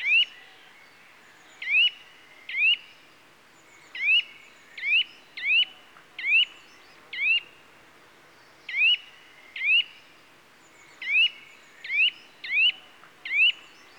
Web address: BBC Sound Effects Library. Nuthatch (Sitta Europaea) Calls